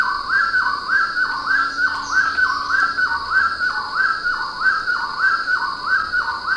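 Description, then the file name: Bird giving a repeated rising whistled note, about eleven in under seven seconds, each sliding upward then dropping, over a steady high-pitched drone. "SABIOD 50 bird 2015"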